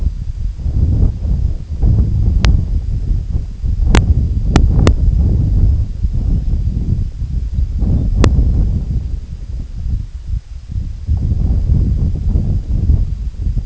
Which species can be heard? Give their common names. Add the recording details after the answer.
Lapland Longspur. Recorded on Arctic tundra, site IGLO-D, on 25 June 2018. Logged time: 06:00